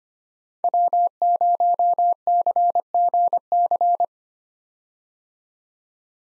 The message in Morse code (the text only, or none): W0CGC